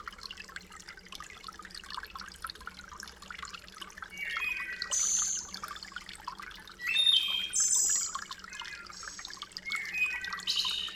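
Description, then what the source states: Thrush giving fluty whistled phrases that climb to thin high notes, several in quick succession late on, against steady running water. Riparian zone habitat.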